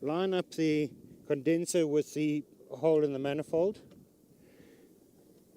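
Someone talks while the copper heat pipe condenser of a solar evacuated tube is lined up with the hole in the solar water heater manifold, ahead of being pushed in. Nothing has seated or clicked yet; after the talking stops, only a faint low background hiss remains.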